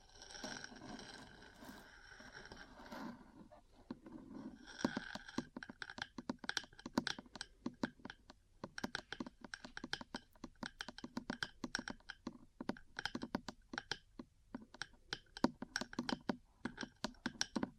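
Metal parts tap and scratch, a smeared scraping in the first five seconds giving way to dense, rapid, irregular clicks and sharp taps.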